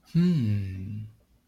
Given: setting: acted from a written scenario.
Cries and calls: vocal sound without words; romantic love

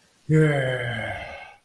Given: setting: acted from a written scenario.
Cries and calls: vocal sound without words; relief

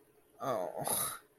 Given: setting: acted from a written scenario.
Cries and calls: vocal sound without words; guilt

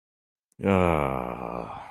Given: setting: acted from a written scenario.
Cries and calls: vocal sound without words; guilt

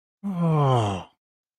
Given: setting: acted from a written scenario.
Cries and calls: vocal sound without words; adoration

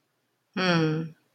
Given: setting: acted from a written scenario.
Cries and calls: vocal sound without words; sympathy

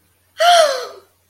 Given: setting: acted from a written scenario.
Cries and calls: vocal sound without words; elation

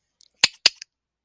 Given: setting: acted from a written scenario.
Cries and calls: vocal sound without words; pride

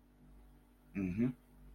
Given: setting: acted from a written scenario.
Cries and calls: vocal sound without words; neutral

